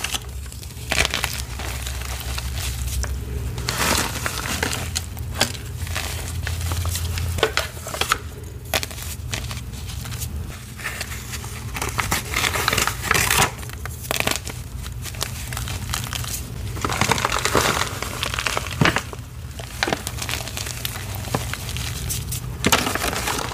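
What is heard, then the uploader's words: Dyed chalk soaked in water is crushed, giving a dense run of wet crumbling, crinkling and squishing with sharp crackly bursts every second or so. A low steady hum sits underneath throughout, a bit louder for the first seven seconds. Vibrant electric purple dyed chalk water crush.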